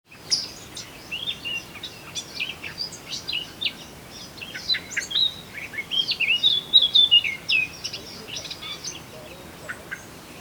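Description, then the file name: Eurasian blackcap giving a fast, scratchy warble of high chirps and twitters, with clearer fluty notes around the middle, over a steady background hiss. "Sylvia atricapilla"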